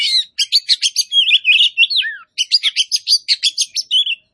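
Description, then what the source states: Oriental magpie-robin song: a fast, high-pitched run of varied chirps, trills and slurred whistles, with a few short pauses. Kacer poci type of magpie-robin, singing in gacor style, meaning vigorous and continuous song.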